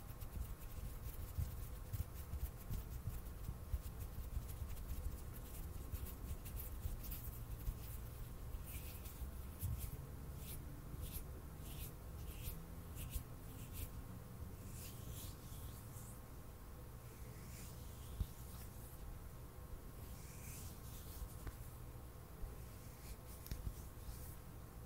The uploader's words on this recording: ASMR HAND SOUNDS NO TALKING,INTENSE HAND SOUNDS ASMR NO TALKING. ASMR HAND MOVEMENTS.